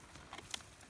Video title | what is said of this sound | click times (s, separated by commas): Building a Champion Gunfighter: ADMIN RELOAD | it make sure it clicks and you'll be loaded that gun that's | 0.5 s